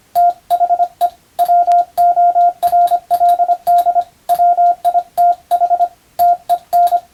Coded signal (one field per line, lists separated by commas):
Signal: Morse code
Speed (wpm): 25 wpm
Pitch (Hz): 700 Hz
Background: radio noise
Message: THE WORLD WITH TEN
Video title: スマホ時代の今でも行われているモールスの国家試験の練習風景です。通信技術の原点！アマチュア無線ハムの受信練習にもどうぞ(morse code practice for radio operator )